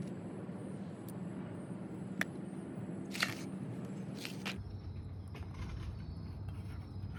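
A new greased metal abutment clip is pressed into the caliper bracket of a rear brake on a 2017 Nissan Murano. It seats with a sharp metallic click at 2.2 s, followed by a few smaller clinks over steady low background noise.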